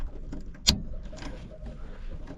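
A replacement rear speaker, its groove filed down to fit, is pushed into its mount on the rear deck of a 2005 Toyota Camry. A few faint handling knocks come before one sharp click at 0.7 s, then only low background noise. The speaker seats firmly in the mount.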